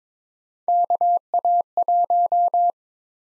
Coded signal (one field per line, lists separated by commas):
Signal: Morse code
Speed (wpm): 22 wpm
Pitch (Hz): 700 Hz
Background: none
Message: KA1